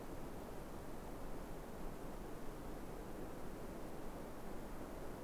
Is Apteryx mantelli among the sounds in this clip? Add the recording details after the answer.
no. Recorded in New Zealand on 3 December 2015. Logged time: 00:13. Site BZ73